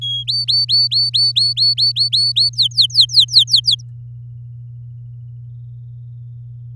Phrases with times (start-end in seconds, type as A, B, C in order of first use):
0.01-0.24 A, 0.27-2.50 B, 2.53-3.81 C